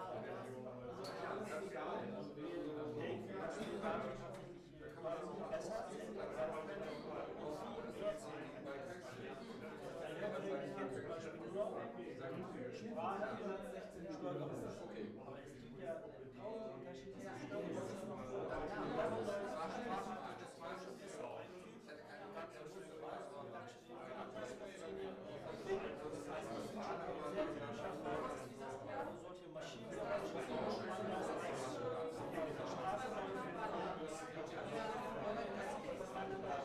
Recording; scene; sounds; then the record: everyday scene through a hearing-aid microphone; many people talking; many voices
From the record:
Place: bistro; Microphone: behind the ear, right, front